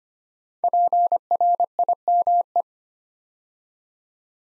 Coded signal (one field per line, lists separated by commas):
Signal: Morse code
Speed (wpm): 25 wpm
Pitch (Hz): 700 Hz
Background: none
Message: PRIME